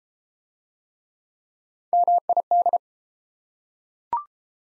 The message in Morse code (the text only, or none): MID